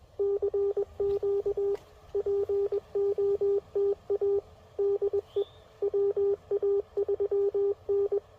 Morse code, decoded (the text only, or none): CQ POTA DE WA3N